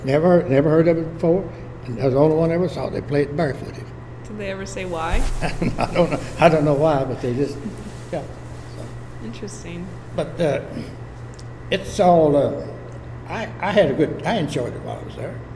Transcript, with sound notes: Never, never heard of it before, and that was the only one I ever saw, they played it barefooted.
Did they ever say why?
[Laughing] I don’t know, I don’t know why, but they just, yeah, so…
Interesting.
But…it’s all…I, I had a good time, while I was there.